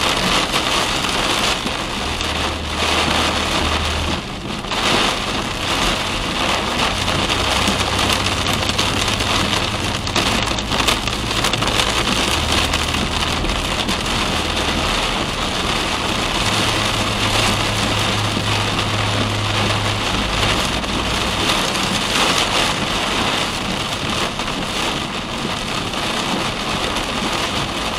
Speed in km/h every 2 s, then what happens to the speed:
53, 54, 58, 58, 64, 68, 72, 71, 69, 65, 62, 59, 56, 53.
0-13 speeds up to 72. 13-28 slows to 53.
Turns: none.